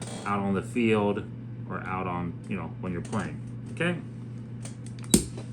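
Someone talks while pressing a small wire spring retainer down into the groove of the plastic body of a Grizen GMAG M17 11-round FSR paintball magazine. A sharp click at 5.1 s marks the retainer snapping home and locking in place, which keeps the magazine halves from separating.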